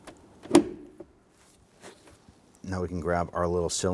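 The plastic glove box of a 2007–2021 Toyota Tundra, already hung on its bottom hinges, is pushed up into the dashboard past the side stop tabs and seats with a sharp plastic snap at 0.6 s, with quieter knocks around it. From about 2.6 s someone talks.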